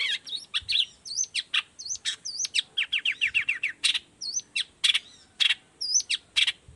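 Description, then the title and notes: Long-tailed shrike song: rapid falling whistled notes and buzzy bursts alternating with harsh rasps, steady and lively. Energetic morning song with varied 'toet toet' notes, used as a lure to prompt other shrikes of any kind to reply quickly and open their beaks. "Cendet Gacor Dor Di Kala Pagi Toet Toet Variasi Suara. Cendet Gacor Efektif Pancingan Buat Cendet Jenis Apapun Agar Cepat Nyaut Buka Paruh. Burung cendet"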